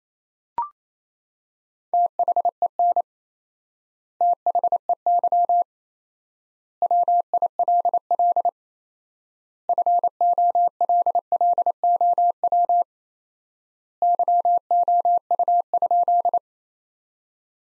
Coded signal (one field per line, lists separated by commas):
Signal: Morse code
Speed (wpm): 28 wpm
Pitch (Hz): 700 Hz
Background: none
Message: THEN THEY WILL FOLLOW YOU?